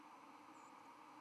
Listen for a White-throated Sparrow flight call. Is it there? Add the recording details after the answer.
yes. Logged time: 05:13 on 31 October 2014